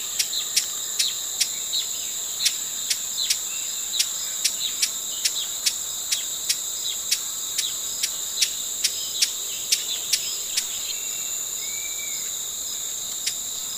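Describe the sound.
Broad-billed hummingbird giving a long run of sharp ticking chips, fairly regular, over an unbroken high insect drone.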